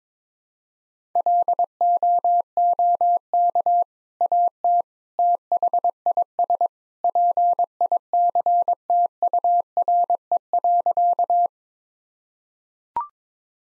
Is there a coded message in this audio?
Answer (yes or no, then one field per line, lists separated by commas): yes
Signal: Morse code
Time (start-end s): 1.2-11.5 s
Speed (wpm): 22 wpm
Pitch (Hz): 700 Hz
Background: none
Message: LOOK AT THIS PICTURE.